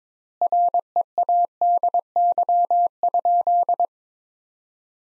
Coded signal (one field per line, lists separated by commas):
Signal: Morse code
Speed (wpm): 22 wpm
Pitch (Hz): 700 Hz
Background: none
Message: READY?